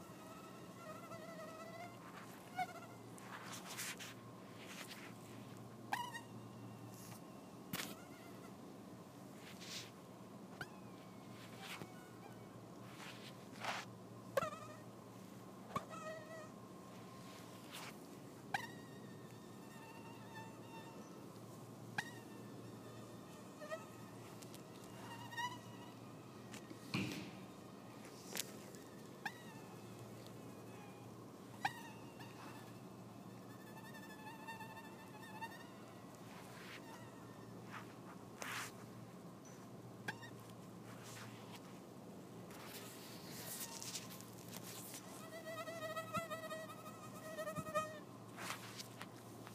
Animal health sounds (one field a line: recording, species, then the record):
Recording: mosquito flight sound by mobile phone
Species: Anopheles farauti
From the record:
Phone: iPhone 4S